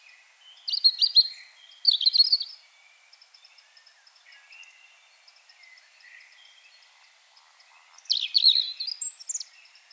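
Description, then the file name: European robin song, two short sparkling warbled phrases early on, then a quiet pause with faint notes, and another high, tumbling phrase near the end. "Erithacus rubecula"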